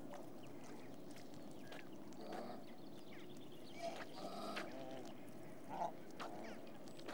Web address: BBC Sound Effects Library. Swan Geese